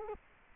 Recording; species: mosquito wingbeat signal from an infrared sensor; Culex quinquefasciatus